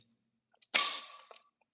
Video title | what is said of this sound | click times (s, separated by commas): Installing Double Sockets LIVE ⚡ (Step-by-Step) | That's the click. That's the torque setting done. | 0.8 s